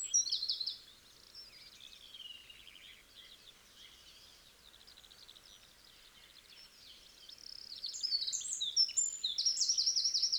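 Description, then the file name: Eurasian wren song, a loud high trill bursting out at the start, a quieter stretch of faint twittering, then another rapid, shrill trill rising again near the end. "Troglodytes troglodytes"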